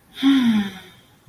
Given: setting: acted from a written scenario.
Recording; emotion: vocal sound without words; contentment